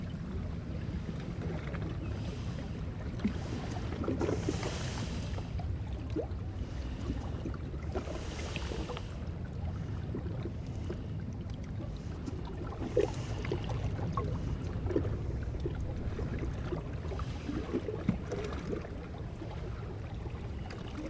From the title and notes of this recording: Yangtze River Breathing. The water level was higher and the sky not as blue but still beautiful nonetheless. Water flowing into this small inlet. Recorded with Sonosax Minir82/ Sennheiser 8090 (ORTF).